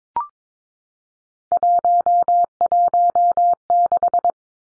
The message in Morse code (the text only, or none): 116